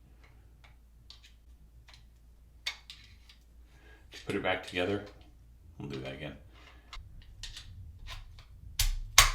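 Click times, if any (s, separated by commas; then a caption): 9.2 s. A Ruger Mark IV .22 pistol is reassembled, with the upper receiver and bolt assembly closed onto the grip frame. Someone talks over small metallic ticks and clicks of handling. The assembly snaps into place with a sharp, loud click at 9.2 s.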